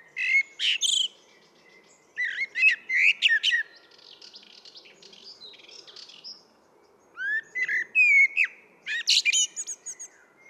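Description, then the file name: Common blackbird warbling repeatedly, mellow whistles mixed with high squeaky twitters; a soft background hiss and faint twittering continue between phrases. "Turdus merula"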